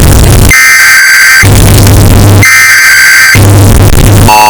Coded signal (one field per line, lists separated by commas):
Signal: Emergency Alert System (SAME) tones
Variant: header bursts